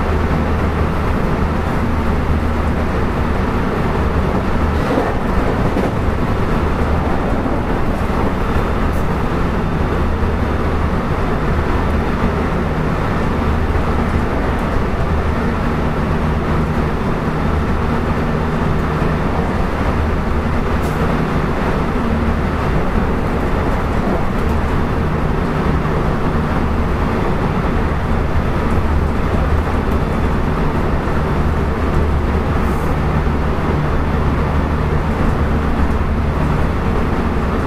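Running sound of a 223 series train on the Kobe Line special rapid service. A steady, dense low rumble and hum holds throughout with little change in level. Faint brief clicks and squeaks surface now and then, around 5, 21 and 33 seconds.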